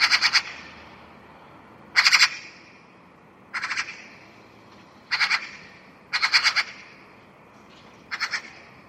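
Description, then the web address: Bird giving harsh, buzzy, pulsed calls, each about half a second long, repeated at irregular intervals of one to two seconds, against a quiet background. "cianscape birddata Deverinetal"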